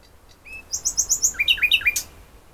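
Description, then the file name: Common nightingale song: a single whistle, then a quick run of five high notes, followed by lower notes repeated in a falling pattern. "Luscinia megarhynchos"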